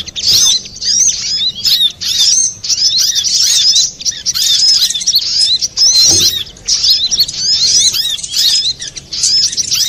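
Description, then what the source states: Little spiderhunter song, long bursts of high, rapid chattering and curved whistles with short silent gaps and a single low knock. Master recording for training cage birds; labelled Labaik.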